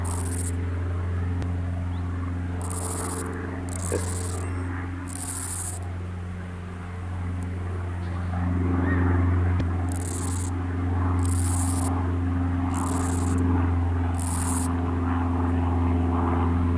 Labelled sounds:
Steppe Grasshopper stridulation
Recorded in the wild
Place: Eutin, Holsteinische Schweiz, Schleswig-Holstein, DE
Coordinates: 54.132, 10.614
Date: 1992-09-20 15:32
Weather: Schatten: 17,9°C, Sonne: 23,5°C
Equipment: Marantz CP 430, Sennheiser ME 80, Kopie Tesla B 116
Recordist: Tembrock, Günter

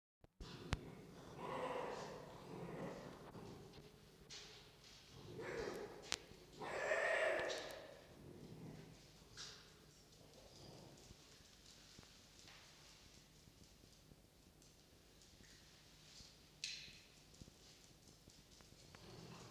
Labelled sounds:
Red Fox
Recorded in captivity
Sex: pair
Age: adult
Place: Zoologisches Institut der HUB, Berlin, DE
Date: 1953-02-13 19:35
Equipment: Elmetra
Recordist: Tembrock, Günter

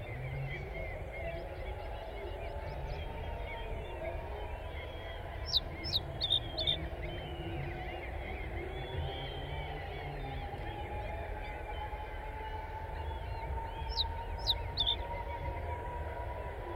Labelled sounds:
Reed Bunting song
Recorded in the wild
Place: Heiligenhafen, Schleswig-Holstein, DE
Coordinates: 54.37, 10.97
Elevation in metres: 14
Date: 1998-06-19
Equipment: Sony WM-D6C
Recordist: Skiba, Reinald

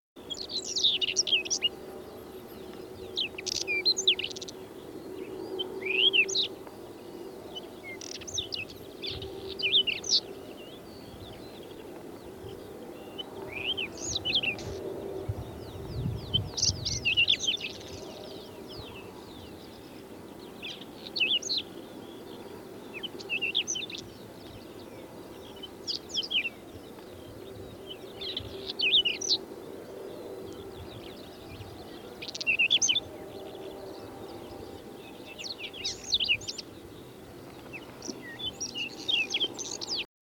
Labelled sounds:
Whinchat song
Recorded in the wild
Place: Venz, Mecklenburg-Vorpommern, DE
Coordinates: 54.497, 13.302
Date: 1975-05-02
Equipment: Nagra III BH, Sennheiser MD 21, parabola
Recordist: Schubert, Michael
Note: Gesang Braunkehlchen

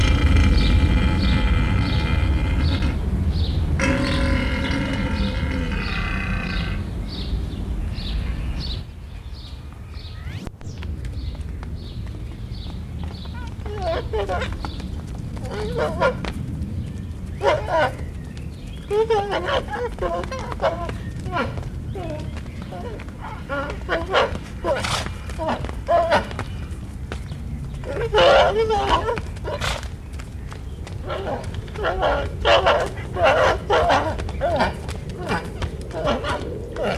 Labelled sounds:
Père David's Deer rut call
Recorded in captivity
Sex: male
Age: adult
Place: Zoo Halle, Sachsen-Anhalt, DE
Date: 1978-07-12 13:03
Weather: sunny, 26°C
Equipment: Uher CR 210, Sennheiser MD 421, Kopie Uher 4200
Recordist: Tembrock, Günter
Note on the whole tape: Brunftrufe, liegend. Abstand: 8-12 m

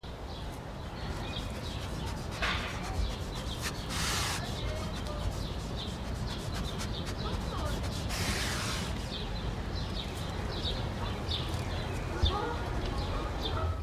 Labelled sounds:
Giant Anteater
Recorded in captivity
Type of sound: sniffing
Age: adult
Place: Zoo Halle, Sachsen-Anhalt, DE
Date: 1977-05-27 13:45
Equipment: Nagra SN, Kopie Uher 4200
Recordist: Tembrock, Günter
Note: Wittern. Abstand: 2 m

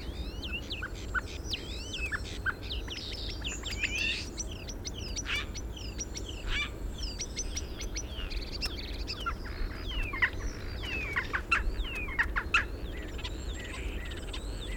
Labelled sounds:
European Starling
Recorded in the wild
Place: Staphel, Insel Rügen, Mecklenburg-Vorpommern, DE
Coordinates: 54.441, 13.335
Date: 1972-04-29
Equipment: Nagra III BH, Sennheiser MD 21, parabola
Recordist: Schubert, Michael
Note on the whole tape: Gesang Star u. a. mit Imitation v. Frosch u. Dohle

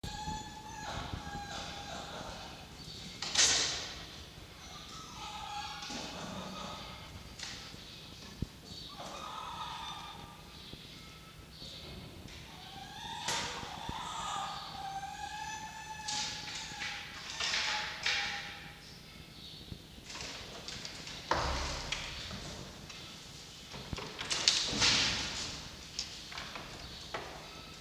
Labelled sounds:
Red Fox
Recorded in captivity
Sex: female
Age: juvenile
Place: Zoologisches Institut der HUB, Berlin, DE
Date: 1953-06-08 16:35
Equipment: Elmetra
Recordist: Tembrock, Günter

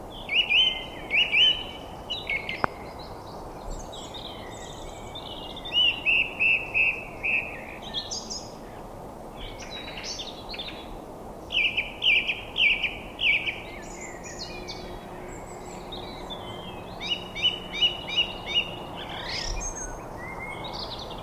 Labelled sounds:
Song Thrush song
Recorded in the wild
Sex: male
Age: adult
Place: Garmisch-Partenkirchen, Bayern, DE
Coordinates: 47.4944, 11.1631
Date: 1962-04-22
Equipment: Stellavox SM 5, AKG D19-200, Vorverstärker, Original, Vollspur
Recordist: Tretzel, Erwin

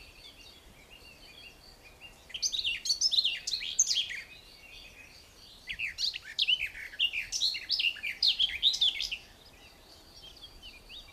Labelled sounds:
Garden Warbler song
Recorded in the wild
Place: Kaiserslautern, Rheinland-Pfalz, DE
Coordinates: 49.4247, 7.77889
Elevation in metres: 279
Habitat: garden
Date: 1986-07-15
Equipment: Nagra IV, Sennheiser MKH 815 T
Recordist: Tretzel, Erwin
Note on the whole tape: Garten, Kaiserslautern: Gesang

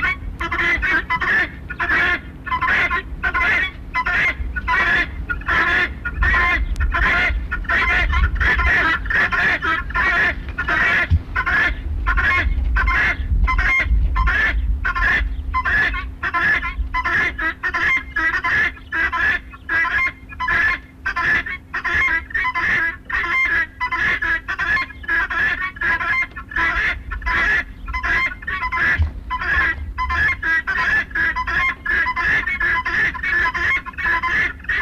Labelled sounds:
Helmeted Guineafowl call
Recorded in captivity
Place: Camargue, FR
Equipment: Halbspur, 9,5 cm/s
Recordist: Lütgens, Hans

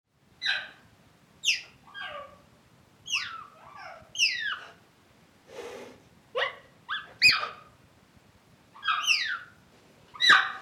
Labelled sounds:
Cheetah
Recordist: Tembrock, Günter

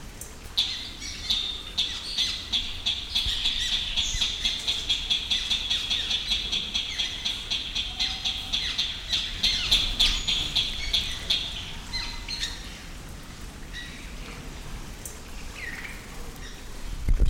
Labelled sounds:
Red-legged Crake call
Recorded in captivity
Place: Zoo Berlin, Berlin, DE
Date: 1996-02-10 15:50
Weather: heiter bis wolkig, -11°C
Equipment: Sony MD-WM MZ-R3, Sennheiser ME 80, Kopie Uher 4000 Report Monitor
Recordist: Tembrock, Günter
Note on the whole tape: Malaienralle: (aber nicht gesehen) 3 Rufreihen

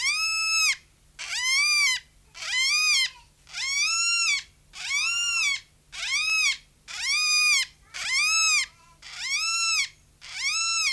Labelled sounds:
Greater Vasa Parrot
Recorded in captivity
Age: adult
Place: Zoo Berlin, Berlin, DE
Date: 1993-06-05 10:24
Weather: 20-25°C, sonnig
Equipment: Marantz CP 430, Sennheiser ME 80, Kopie Uher Variocord 263
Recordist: Tembrock, Günter
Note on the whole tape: 2 Tiere, eines Abwehrlaute, das andere verschiedene Lautformen, dann Rufreihe auch an Bruthöhle; 5-1 m

